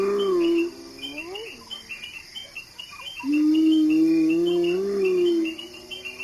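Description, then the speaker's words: Hyena calls: deep, drawn-out moans that rise gradually and then drop, separated by a quieter gap, with insects trilling steadily behind. Heard at night on the savanna in Maasai Mara, Kenya, two hours before dawn; deep, mournful calls described as a sad, melancholic conversation. "en Masai Mara, estos lamentos profundos son las hienas."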